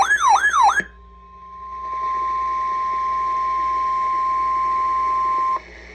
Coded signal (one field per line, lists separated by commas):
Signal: Emergency Alert System (SAME) tones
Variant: 1050 Hz attention tone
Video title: EAS #871 Severe Thunderstorm Watch